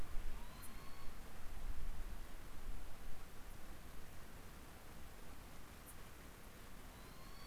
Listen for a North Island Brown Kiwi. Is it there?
no